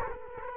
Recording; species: mosquito wingbeat signal from an infrared sensor; Culex quinquefasciatus